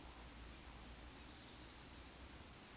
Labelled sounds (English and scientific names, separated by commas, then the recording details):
Eurasian Woodcock (Scolopax rusticola) whistle, Eurasian Woodcock (Scolopax rusticola) croak
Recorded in Baden-Württemberg, Germany, on 16 June 2021 at 19:56 UTC
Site 20675, 466 m above sea level